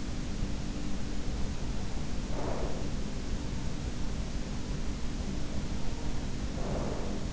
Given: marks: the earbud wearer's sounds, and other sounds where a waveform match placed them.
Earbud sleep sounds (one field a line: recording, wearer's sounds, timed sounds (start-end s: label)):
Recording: sounds in sleep by an in-ear microphone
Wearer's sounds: breath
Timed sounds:
0.19-1.31 s: breath
1.37-3.53 s: breath
5.86-7.33 s: breath